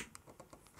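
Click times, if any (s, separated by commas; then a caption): 0.1 s, 0.8 s. A DDR4 memory stick is pressed down into a motherboard DIMM slot until the retention clips on both ends snap shut. Sharp clicks are heard at 0.2 s and 0.8 s, with a few fainter taps in between. The module is seated.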